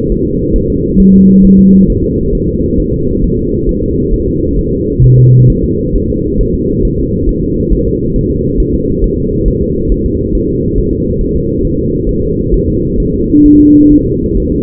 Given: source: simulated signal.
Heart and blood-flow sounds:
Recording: fetal heart sounds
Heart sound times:
0.12 s: S1
0.27 s: S2
0.56 s: S1
0.70 s: S2
1.00 s: S1
1.14 s: S2
1.45 s: S1
1.59 s: S2
1.90 s: S1
2.04 s: S2
2.35 s: S1
2.49 s: S2
2.80 s: S1
2.94 s: S2
3.24 s: S1
3.39 s: S2
3.69 s: S1
3.83 s: S2
4.14 s: S1
4.28 s: S2
4.59 s: S1
4.73 s: S2
5.04 s: S1
5.19 s: S2
5.50 s: S1
5.64 s: S2
5.96 s: S1
6.10 s: S2
6.41 s: S1
6.55 s: S2
6.85 s: S1
6.99 s: S2
7.29 s: S1
7.43 s: S2
7.73 s: S1
7.87 s: S2
8.16 s: S1
8.31 s: S2
8.60 s: S1
8.74 s: S2
9.04 s: S1
9.19 s: S2
9.48 s: S1
9.62 s: S2
9.92 s: S1
10.06 s: S2
10.35 s: S1
10.49 s: S2
10.78 s: S1
10.93 s: S2
11.21 s: S1
11.36 s: S2
11.65 s: S1
11.79 s: S2
12.09 s: S1
12.23 s: S2
12.54 s: S1
12.69 s: S2
13.00 s: S1
13.14 s: S2
13.46 s: S1
13.60 s: S2
13.92 s: S1
14.06 s: S2
14.38 s: S1
14.52 s: S2
From the record:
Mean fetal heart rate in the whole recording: 135 bpm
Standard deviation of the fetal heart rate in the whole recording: 3 bpm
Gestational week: 36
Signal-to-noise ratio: -10.2 dB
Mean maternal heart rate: 72 bpm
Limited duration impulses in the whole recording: present

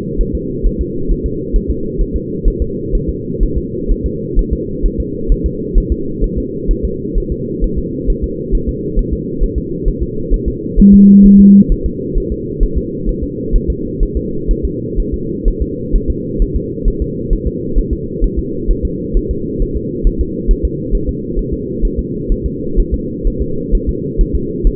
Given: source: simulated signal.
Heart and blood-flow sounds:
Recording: fetal heart sounds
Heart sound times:
0.21 s: S1
0.35 s: S2
0.66 s: S1
0.81 s: S2
1.11 s: S1
1.26 s: S2
1.56 s: S1
1.70 s: S2
2.01 s: S1
2.16 s: S2
2.48 s: S1
2.62 s: S2
2.95 s: S1
3.09 s: S2
3.43 s: S1
3.58 s: S2
3.91 s: S1
4.06 s: S2
4.39 s: S1
4.53 s: S2
4.86 s: S1
5.00 s: S2
5.32 s: S1
5.46 s: S2
5.78 s: S1
5.92 s: S2
6.24 s: S1
6.38 s: S2
6.71 s: S1
6.85 s: S2
7.18 s: S1
7.32 s: S2
7.64 s: S1
7.78 s: S2
8.10 s: S1
8.24 s: S2
8.55 s: S1
8.69 s: S2
8.99 s: S1
9.13 s: S2
9.43 s: S1
9.58 s: S2
9.88 s: S1
10.03 s: S2
10.34 s: S1
10.48 s: S2
10.80 s: S1
10.94 s: S2
11.26 s: S1
11.40 s: S2
11.72 s: S1
11.86 s: S2
12.18 s: S1
12.32 s: S2
12.63 s: S1
12.78 s: S2
13.09 s: S1
13.23 s: S2
13.55 s: S1
13.70 s: S2
14.03 s: S1
14.17 s: S2
14.51 s: S1
14.65 s: S2
15.00 s: S1
15.14 s: S2
15.48 s: S1
15.62 s: S2
15.95 s: S1
16.10 s: S2
16.42 s: S1
16.56 s: S2
16.88 s: S1
17.02 s: S2
17.33 s: S1
17.47 s: S2
17.78 s: S1
17.93 s: S2
18.24 s: S1
18.39 s: S2
18.70 s: S1
18.85 s: S2
19.17 s: S1
19.31 s: S2
19.62 s: S1
19.77 s: S2
20.07 s: S1
20.21 s: S2
20.51 s: S1
20.65 s: S2
20.95 s: S1
21.09 s: S2
21.39 s: S1
21.53 s: S2
21.85 s: S1
21.99 s: S2
22.32 s: S1
22.46 s: S2
22.79 s: S1
22.94 s: S2
23.27 s: S1
23.42 s: S2
23.75 s: S1
23.89 s: S2
24.21 s: S1
24.35 s: S2
24.67 s: S1
From the record:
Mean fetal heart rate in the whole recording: 130 bpm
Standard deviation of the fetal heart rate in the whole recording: 4 bpm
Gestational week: 38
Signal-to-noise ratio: -6.6 dB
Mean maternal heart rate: 72 bpm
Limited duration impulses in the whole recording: present

